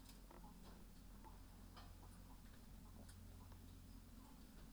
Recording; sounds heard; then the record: poultry house recording; sick chickens (respiratory disease)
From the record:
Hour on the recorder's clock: 14